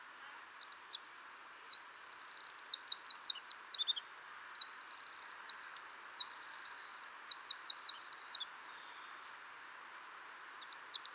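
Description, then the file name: Eurasian wren singing a long, rapid outpouring of high curling notes and buzzy trills, followed by a pause and a fresh burst at the end. "Troglodytes troglodytes"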